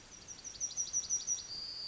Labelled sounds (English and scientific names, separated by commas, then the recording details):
Yellowhammer (Emberiza citrinella) song
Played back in forest
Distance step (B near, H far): E
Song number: 147